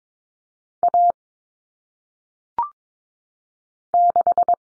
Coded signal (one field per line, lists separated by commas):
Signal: Morse code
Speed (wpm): 22 wpm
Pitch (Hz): 700 Hz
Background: none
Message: A 6